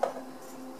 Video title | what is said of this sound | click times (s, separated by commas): Teslaquad main section build instructions | should just click into place just like that | 0.0 s